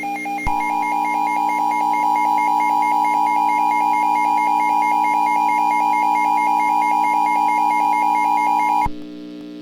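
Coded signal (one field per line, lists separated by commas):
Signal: Emergency Alert System (SAME) tones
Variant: 853 and 960 Hz attention tone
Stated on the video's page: Fictional mock EAS alert featuring an invented character.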